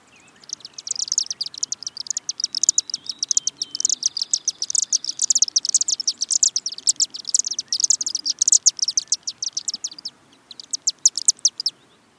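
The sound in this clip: Chimney swift chittering calls, rapid high twittering notes in dense bursts throughout, with brief pauses near ten seconds.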